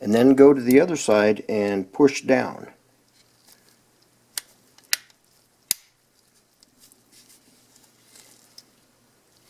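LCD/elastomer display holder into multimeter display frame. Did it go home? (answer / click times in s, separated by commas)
yes / 4.9 s, 5.7 s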